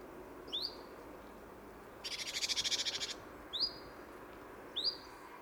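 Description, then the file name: Great tit calls: a high downslurred chip, then an one-second buzzy pulsed rattle, followed by two more sliding chips spaced about a second apart. "Parus major"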